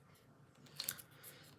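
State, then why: Seated. A plastic practice finger is pushed into the socket of a nail-training practice hand. A short plastic snap at 0.8 s is followed by the louder click at 0.9 s as it seats, then a fainter tick at 1.0 s, over a quiet background. The finger is clicked in all the way.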